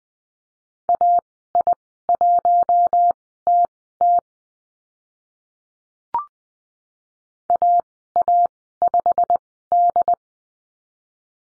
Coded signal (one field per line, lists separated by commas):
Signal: Morse code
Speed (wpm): 20 wpm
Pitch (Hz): 700 Hz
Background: none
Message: AI1TT AA5D